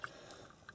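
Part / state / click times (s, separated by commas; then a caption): locking slide of the main wiring harness connector on a car radio / seated / 0.0 s. The plastic locking slide on a car radio's main wiring harness connector is pulled forward over the side tabs and clicks sharply into place at 0.0 s, followed by fainter ticks around 0.3 s and 0.7 s. The connector is locked and won't come off.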